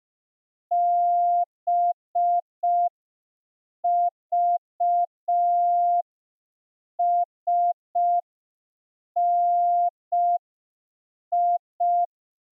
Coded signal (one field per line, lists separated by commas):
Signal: Morse code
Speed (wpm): 5 wpm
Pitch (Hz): 700 Hz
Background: none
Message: BVSNI